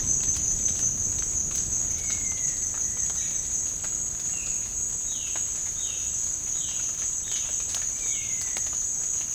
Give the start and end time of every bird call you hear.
[1.93, 3.48] bird call (1.2-4.7 kHz)
[4.27, 4.71] bird call (1.7-3.4 kHz)
[4.99, 8.66] bird call (1.3-4.5 kHz)

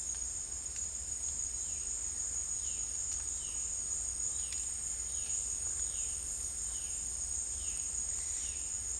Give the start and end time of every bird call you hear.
[1.46, 8.65] bird call (2.3-4.4 kHz)

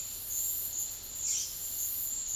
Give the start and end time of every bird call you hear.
[1.16, 1.60] bird call (1.9-6.8 kHz)

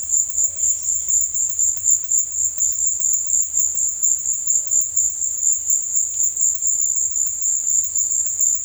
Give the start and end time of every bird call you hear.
[0.34, 0.70] bird call (0.2-1.2 kHz)
[4.49, 4.86] bird call (0.5-1.1 kHz)

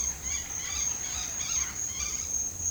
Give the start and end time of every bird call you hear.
[0.00, 2.21] bird call (0.4-5.9 kHz)

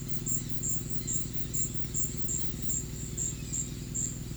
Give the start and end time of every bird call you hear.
[0.00, 4.36] bird call (1.8-6.2 kHz)

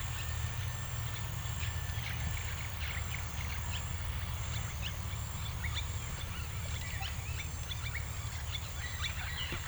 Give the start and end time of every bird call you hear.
[4.55, 9.67] bird call (1.3-5.7 kHz)

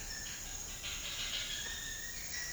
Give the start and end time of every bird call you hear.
[0.00, 2.52] bird call (0.9-6.0 kHz)

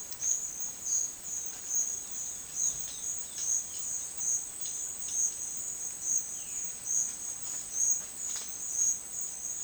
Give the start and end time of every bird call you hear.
[0.70, 4.78] bird call (2.4-5.7 kHz)
[6.27, 6.74] bird call (1.9-3.9 kHz)

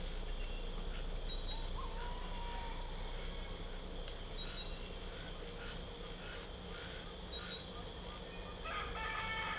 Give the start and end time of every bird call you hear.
[1.55, 2.97] bird call (0.5-2.6 kHz)
[8.66, 9.58] bird call (0.9-4.0 kHz)

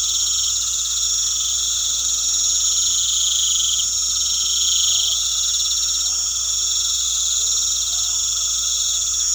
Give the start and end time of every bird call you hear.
[3.14, 5.17] bird call (0.4-1.0 kHz)

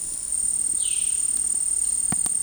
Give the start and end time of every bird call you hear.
[0.74, 1.17] bird call (2.0-4.7 kHz)

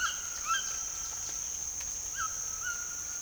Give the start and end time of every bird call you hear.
[0.00, 0.71] bird call (0.7-4.1 kHz)
[2.05, 2.81] bird call (0.8-3.6 kHz)

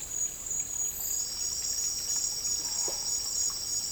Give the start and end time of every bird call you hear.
[2.54, 2.94] bird call (0.1-1.5 kHz)

